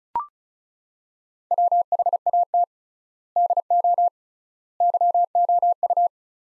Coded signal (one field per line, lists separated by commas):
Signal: Morse code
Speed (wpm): 36 wpm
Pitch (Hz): 700 Hz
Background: none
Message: WHAT DO YOU